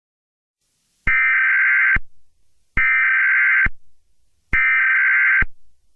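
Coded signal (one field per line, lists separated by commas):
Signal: Emergency Alert System (SAME) tones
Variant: header bursts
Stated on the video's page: Fictional EAS scenario, a simulated alert.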